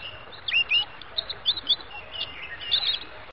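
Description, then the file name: Bird chirping, thin high-pitched twittering notes and short whistled slurs given in quick, irregular bursts over a faint background hiss. "burung"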